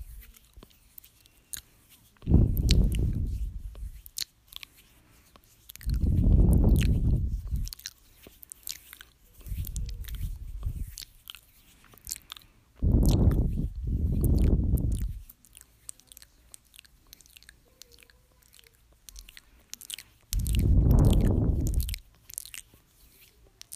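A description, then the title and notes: Mouth sounds: crunchy, chewing-like bursts of a second or two arrive about every three to four seconds, two of them nearly back to back around the fifteen-second mark. Small crisp clicks and ticks scatter through the quiet gaps. No talking (mouth sounds and tapping). There is going to be no talking only mouth sounds.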